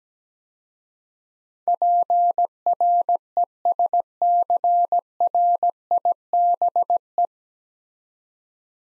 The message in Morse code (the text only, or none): PRESCRIBE